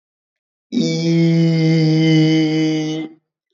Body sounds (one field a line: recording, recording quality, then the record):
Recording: sustained vowel as in beet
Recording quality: excellent, no background noise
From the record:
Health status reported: COVID-19 positive, mild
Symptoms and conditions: cough, cold, muscle pain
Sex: male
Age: 25 years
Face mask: not worn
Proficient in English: yes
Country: India